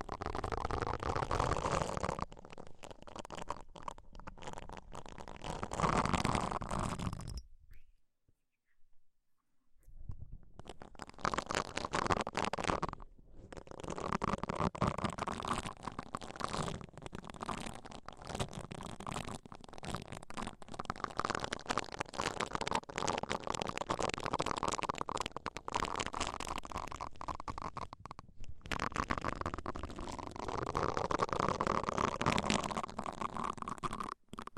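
Deep ear cleaning sounds: dense, crackly scratching and rubbing with muffled low rumbles, pausing into silence around eight seconds and briefly near thirteen.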